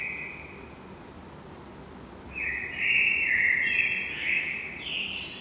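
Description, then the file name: Common blackbird giving thin, high drawn-out calls, a short one at the start, then a longer wavering series near the end over low background hiss. "Turdus merula"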